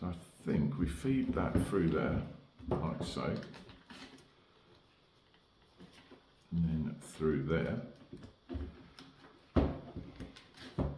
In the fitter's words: and then when that comes back that locks into place there